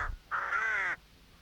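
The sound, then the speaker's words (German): A raven perched on a man's shoulder gives a single long, harsh, rasping caw lasting over half a second, loud and alone, preceded by a brief short burst of sound. “Ein Rabe auf der Schulter eines Wilden.”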